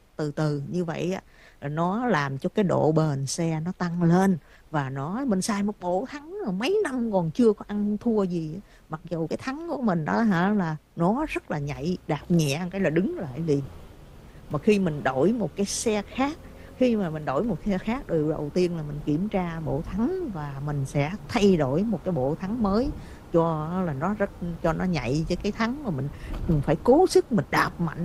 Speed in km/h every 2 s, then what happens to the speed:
0, 0, 0, 0, 0, 0, 19, 29, 44, 50, 55, 56, 60, 61.
0-10 standing. 10-28 pulls away to 61.